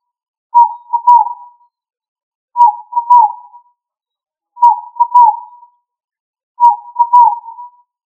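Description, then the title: Pigeon cooing, a mellow tonal phrase with two stressed pulses fading at the end, given four times at steady two-second intervals against silence. "Familia ColumbidaePomba"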